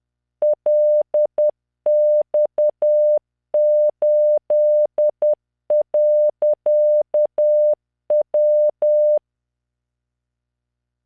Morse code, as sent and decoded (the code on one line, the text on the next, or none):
.-.. -..- ---.. .-.-.- .--
LX8.W